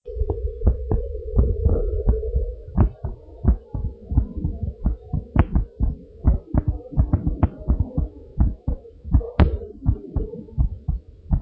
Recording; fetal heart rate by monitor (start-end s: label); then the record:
heart sounds of a pregnant woman by stethoscope
no fetal heartbeat
From the record:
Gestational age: 37 weeks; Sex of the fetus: boy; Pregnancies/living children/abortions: 2/1/0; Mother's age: 31 years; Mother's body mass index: 38.7